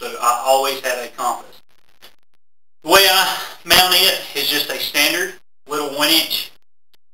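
A compass on a retractor with a quick-release clip is being handled on scuba gear, and someone talks throughout with a few faint short ticks in the pauses. The clip has not yet snapped into its mount, and nothing has seated or clicked yet.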